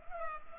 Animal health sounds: mosquito wingbeat signal from an infrared sensor; Culex pipiens

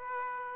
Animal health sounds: mosquito wingbeat signal from an infrared sensor; Aedes aegypti

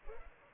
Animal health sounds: mosquito wingbeat signal from an infrared sensor; Culex pipiens

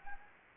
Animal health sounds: mosquito wingbeat signal from an infrared sensor; Anopheles gambiae

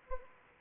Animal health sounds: mosquito wingbeat signal from an infrared sensor; Anopheles arabiensis

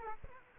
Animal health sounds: mosquito wingbeat signal from an infrared sensor; Aedes aegypti

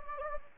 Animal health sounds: mosquito wingbeat signal from an infrared sensor; Anopheles gambiae

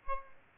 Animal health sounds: mosquito wingbeat signal from an infrared sensor; Aedes albopictus

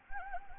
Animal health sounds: mosquito wingbeat signal from an infrared sensor; Anopheles gambiae

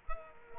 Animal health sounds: mosquito wingbeat signal from an infrared sensor; Culex quinquefasciatus

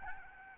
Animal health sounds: mosquito wingbeat signal from an infrared sensor; Aedes albopictus

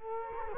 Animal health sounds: mosquito wingbeat signal from an infrared sensor; Culex quinquefasciatus

